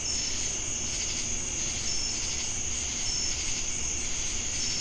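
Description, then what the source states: Insect chorus of crickets: a high steady trill with pulsing buzzy bands beneath and brief high tones recurring every second or two, over a low rumbling background. Crickets with cicadas in Jamestown, North Carolina, on 10 August 2018.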